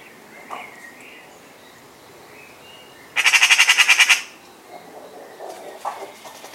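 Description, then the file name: Eurasian magpie giving one harsh, dry rattling chatter of about ten rapid pulses lasting a second. "Pica pica"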